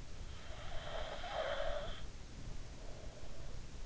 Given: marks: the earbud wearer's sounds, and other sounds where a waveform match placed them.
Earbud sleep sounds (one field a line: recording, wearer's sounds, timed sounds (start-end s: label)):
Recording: sounds in sleep by an in-ear microphone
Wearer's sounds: snoring breath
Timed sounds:
0.61-2.01 s: snoring breath